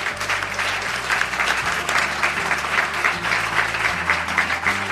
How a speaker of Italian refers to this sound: nonostante, e qui perdonami ma lo volevo ricordare, chiedendo a tutti un applauso per le nostre vittime del terremoto.